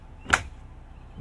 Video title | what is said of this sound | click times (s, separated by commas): 2020 Jeep Gladiator Mojave Street Drive - POV Test Drive by Tedward (Binaural Audio) | and when you close it you get a very satisfying click nice | 0.3 s